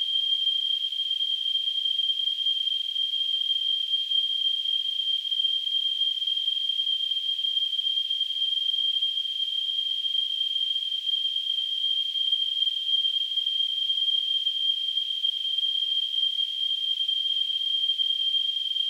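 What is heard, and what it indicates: Simulated tinnitus: a steady, continuous high-pitched tone near 3 kHz over a faint high-frequency hiss, unchanging throughout.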